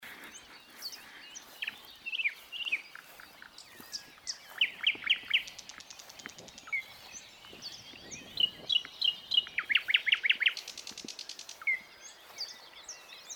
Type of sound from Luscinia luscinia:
song